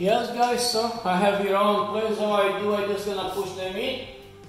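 A cordless blind headrail is handled and pushed up toward its mounting brackets while someone talks over background music. Nothing has seated or clicked into the brackets yet.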